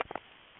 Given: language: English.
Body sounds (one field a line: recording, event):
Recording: throat vibration sensor signal played as sound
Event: swallow